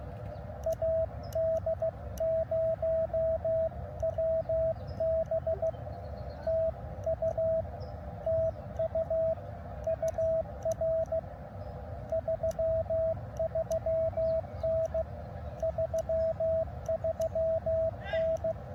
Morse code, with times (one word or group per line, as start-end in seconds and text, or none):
0.7-5.7 AD0WB
6.5-7.6 TU
8.3-9.3 TU
9.9-11.2 UR
12.1-15.0 33N
15.6-18.5 33N